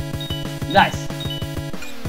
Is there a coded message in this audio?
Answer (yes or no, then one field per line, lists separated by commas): no